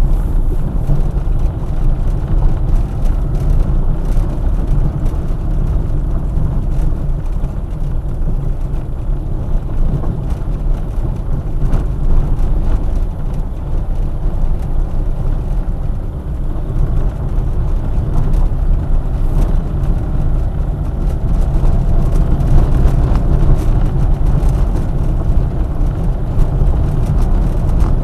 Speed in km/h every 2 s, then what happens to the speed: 14, 20, 20, 18, 17, 15, 16, 23, 24, 24, 25, 26, 28, 29.
0-2 speeds up to 20. 2-13 steady at about 17. 13-15 speeds up to 24. 15-28 steady at about 25.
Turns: 4-13.